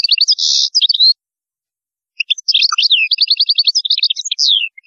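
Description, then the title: European goldfinch singing a rapid, liquid twitter with a harsh buzzy trill at the start, a short pause, then a long run of quick repeated chips and slurred notes. "Chant Chardonneret"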